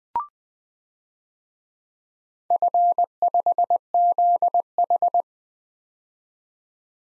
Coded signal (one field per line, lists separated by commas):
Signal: Morse code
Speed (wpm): 20 wpm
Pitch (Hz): 700 Hz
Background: none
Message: F5ZH